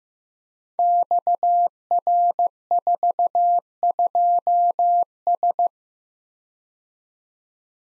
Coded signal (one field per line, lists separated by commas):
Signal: Morse code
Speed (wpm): 15 wpm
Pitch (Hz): 700 Hz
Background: none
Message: XR42S